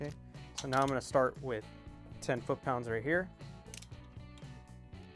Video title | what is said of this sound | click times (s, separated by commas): My FIRST VW Engine Build! (Mistakes were made) 1776cc and Dual Webers Build! | There you go. There's that click. | 3.8 s